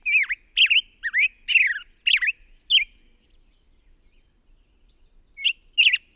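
Bird uttering a string of grating, twisting chirps for about three seconds, falling silent, then adding two more squawks at the close.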